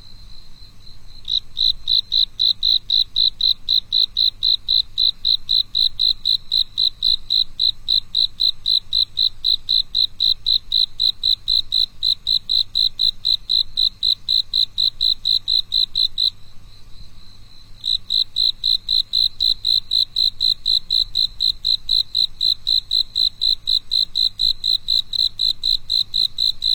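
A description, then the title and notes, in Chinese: A single cricket sings alone on a quiet night, a fast, even, high-pitched trill pulsing many times a second. It starts about a second in, breaks off briefly around sixteen seconds, then resumes steadily to the end. Only a faint low hum sits underneath. 寂静的夜里，那个蟋蟀的独唱。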